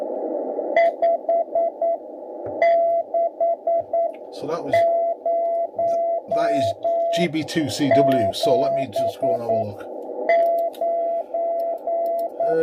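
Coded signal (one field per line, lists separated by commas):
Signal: Morse code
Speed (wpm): 9 wpm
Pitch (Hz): 680 Hz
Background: speech, radio noise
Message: 56079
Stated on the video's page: CW on the 80 m band, 3.500–3.800 MHz, received on a Tecsun S2200-x with end-fed antenna and internal loop.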